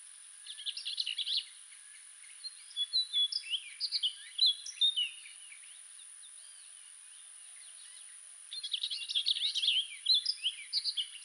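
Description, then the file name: Orchard oriole singing several lively phrases of rapid whistles, slurs and chatters, a long varied run midway and another burst near the end, over steady hiss. "Orchard Oriole - XC 446838-Icterus spurius"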